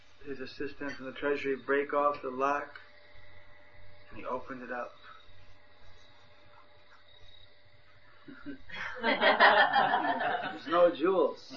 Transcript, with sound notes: his assistants in the treasury break off the lock, and he opened it up. (devotees laughing) There’s no jewels!